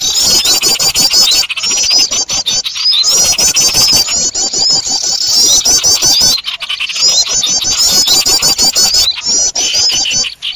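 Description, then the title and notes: Birds chattering in a dense chorus of high, rapid twittering chirps, nearly continuous, broken by a few short gaps. Noisy bird chatter, used as a lure for trapping birds. "Master Burung Ribut. Burung Ribut Pikat"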